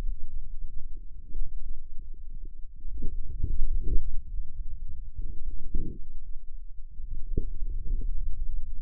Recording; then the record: forearm muscle sounds (acoustic myography)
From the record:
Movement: ulnar deviation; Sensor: system 2, bracelet of six BSWA MPA416 microphones around the upper forearm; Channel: 5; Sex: male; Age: 22 years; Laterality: right